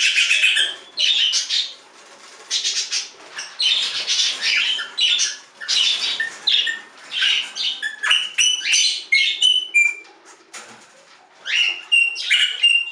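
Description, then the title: Budgerigar chatter: a busy stream of harsh squawks, buzzy warbles and short high whistles, with brief pauses between bursts. "Budgie Sounds"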